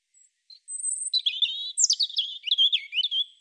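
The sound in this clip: European robin singing a high, thin opening note then a cascade of wavering, descending whistled notes and trills in a silent setting.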